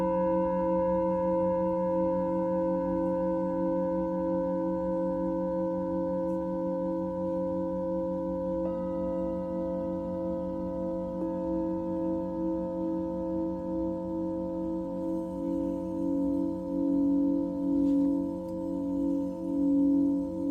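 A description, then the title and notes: A Tibetan singing bowl hums steadily, its low, layered tones sustained throughout with a slow, pulsing waver that grows more pronounced near the end. A faint higher overtone shifts in around eight seconds, and a soft tap or rustle sounds near eighteen seconds. Tibetan Singiing Bowl.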